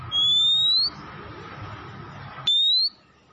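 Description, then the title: Oriental magpie-robin giving two long, clean rising whistles, the second following after a pause of more than a second, over faint background hum. Tretes, singing vigorously, the song style known as gacor. "Kacer Tretes Gacor"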